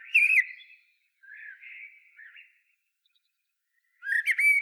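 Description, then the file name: Common blackbird calls: a loud harmonic note, a soft warbled middle section, then a quiet gap before another burst of rich notes. "Turdus merula"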